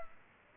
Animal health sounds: mosquito wingbeat signal from an infrared sensor; Culex pipiens

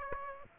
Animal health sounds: mosquito wingbeat signal from an infrared sensor; Aedes aegypti

